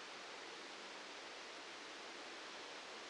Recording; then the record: brain microelectrode recording played as sound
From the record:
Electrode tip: outside the subthalamic nucleus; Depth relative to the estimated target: -8 mm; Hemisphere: left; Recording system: NeuroSet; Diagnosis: Parkinson's disease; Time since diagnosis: 9 years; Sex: male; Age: 56 years